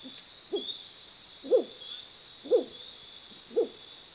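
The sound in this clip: Bird giving low hollow hoots, four notes spaced roughly a second apart, with a constant high-pitched hiss in the background.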